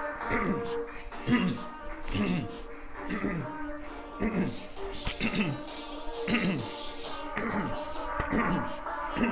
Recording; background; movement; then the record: throat clearing; music; walking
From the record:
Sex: male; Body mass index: 22.0 kg/m2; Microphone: on the chest, facing the body